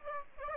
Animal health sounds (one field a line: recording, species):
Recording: mosquito wingbeat signal from an infrared sensor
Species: Aedes aegypti